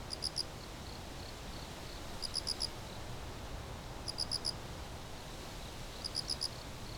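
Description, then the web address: Insects chirping at night, short bursts of high trilled pulses repeating about every two seconds over a steady, broad background hiss. Outdoor grassland at night. "anemoi. outdoor grassland night insects"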